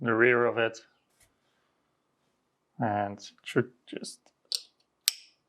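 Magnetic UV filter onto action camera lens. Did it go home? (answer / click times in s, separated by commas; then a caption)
yes / 5.1 s. Someone talks while a small UV filter with two magnets on its rear is placed over the lens of a DJI Action 2 action camera. A sharp, bright click at 5.1 s is heard as the Freewell magnetic filter snaps into place over the lens.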